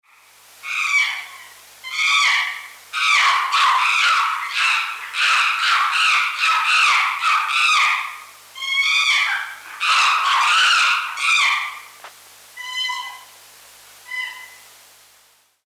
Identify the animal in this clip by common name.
Chimpanzee